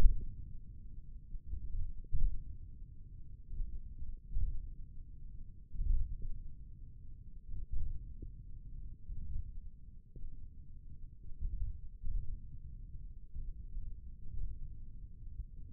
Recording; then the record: forearm muscle sounds (acoustic myography)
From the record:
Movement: hook grip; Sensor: system 1, eight BSWA MPA416 microphones around the upper forearm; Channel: 1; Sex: male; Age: 28 years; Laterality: right